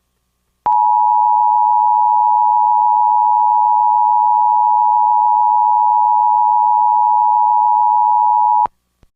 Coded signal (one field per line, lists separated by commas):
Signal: Emergency Alert System (SAME) tones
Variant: 853 and 960 Hz attention tone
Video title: EAS Mock: Test TOR before Test TOA before RWT before RMT (Requested)